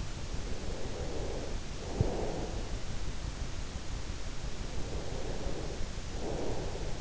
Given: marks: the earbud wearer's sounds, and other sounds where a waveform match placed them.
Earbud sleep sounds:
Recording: sounds in sleep by an in-ear microphone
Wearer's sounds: breath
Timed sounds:
0.51-2.84 s: breath
4.75-7.01 s: breath

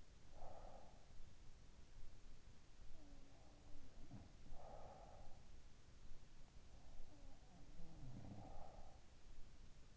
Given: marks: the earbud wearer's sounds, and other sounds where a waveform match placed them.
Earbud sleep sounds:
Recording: sounds in sleep by an in-ear microphone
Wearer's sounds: breath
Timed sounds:
0.00-1.29 s: breath
2.99-5.52 s: sound from someone else or the room
4.37-5.52 s: breath
7.03-9.50 s: sound from someone else or the room
7.80-9.50 s: breath

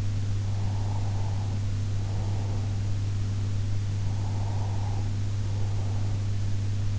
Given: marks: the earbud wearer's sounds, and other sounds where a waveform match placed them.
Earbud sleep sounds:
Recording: sounds in sleep by an in-ear microphone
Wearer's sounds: breath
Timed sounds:
0.49-2.95 s: breath
4.07-6.33 s: breath

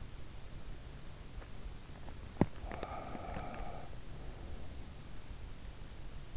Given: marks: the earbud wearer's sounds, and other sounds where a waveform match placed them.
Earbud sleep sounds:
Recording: sounds in sleep by an in-ear microphone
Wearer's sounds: breath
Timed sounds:
2.10-4.55 s: breath

